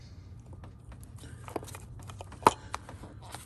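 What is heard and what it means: While changing spark plugs on a V6, an ignition coil or spark plug boot is slid down onto a newly installed spark plug and pushed until it clicks. Faint rustles and small ticks lead up to one sharp, loud click at 2.5 s, followed by a smaller tick at 2.7 s. The boot is confirmed seated on the plug.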